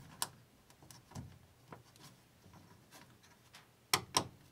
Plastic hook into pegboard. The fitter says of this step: there we go you kind of hear it snap in that's